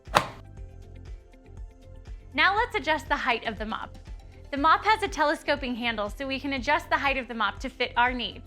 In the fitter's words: guide the connector piece into the base until you hear a click